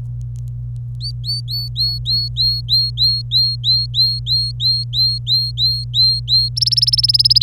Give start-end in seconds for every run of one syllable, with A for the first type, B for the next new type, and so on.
1.00-6.49 A, 6.56-7.43 B